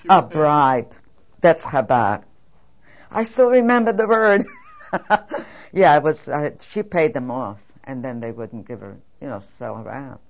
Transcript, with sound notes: A bribe. That's chabar. I still remember the word. (She laughs.) Yeah, I was, she paid them off, and then they wouldn't give her, you know, sell her out.